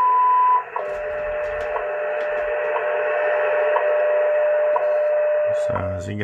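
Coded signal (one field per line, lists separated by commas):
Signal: radio time signal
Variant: WWV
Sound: short 1 kHz tone, then a steady hum-like tone with a tick every second through static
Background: radio static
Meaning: Ticks mark each second; the opening 1 kHz tone marks the minute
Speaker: the uh yeesu that has also shared antenna [Applause] 17 hours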